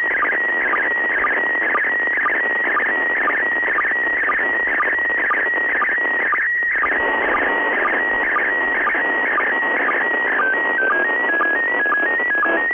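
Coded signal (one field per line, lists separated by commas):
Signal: SSTV (slow-scan television)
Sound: warbling tone shifting pitch steadily, with short low sync blips about twice a second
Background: radio static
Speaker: okay considering the static on the signal this didn't turn out too bad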